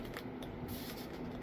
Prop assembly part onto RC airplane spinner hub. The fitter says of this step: then this just pops right in there